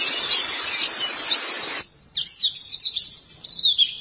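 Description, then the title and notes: White-eye song: packed, high twittering at first, then cut off, followed by clearer separate rapid chirpy phrases in short bursts. "Kicauan Burung Pleci Durasi Panjang. Suara kicauan burung pleci"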